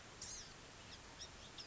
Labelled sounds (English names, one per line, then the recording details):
Blue-gray Gnatcatcher
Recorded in Sonoma County, California